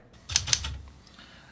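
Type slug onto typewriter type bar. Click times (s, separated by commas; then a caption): 0.4 s, 0.5 s. An interchangeable metal type slug on an SCM typewriter with changeable type is pushed onto the end of a type bar through the open end of its slot, with its characters toward the carriage, and pressed down. Two sharp, bright clicks sound at 0.4 s and 0.5 s over a brief low rattle, showing the slug has seated in place on the type bar.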